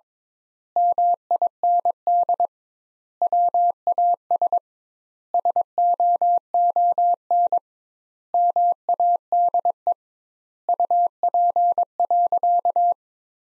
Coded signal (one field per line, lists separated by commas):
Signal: Morse code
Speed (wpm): 22 wpm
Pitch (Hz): 700 Hz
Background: none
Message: MIND WAS SOON MADE UP.